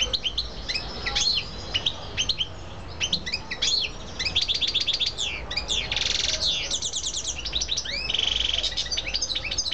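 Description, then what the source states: Canary song: scattered chirps and sweeping notes, then dense buzzy rolls and rapid trills strung together. Female bird.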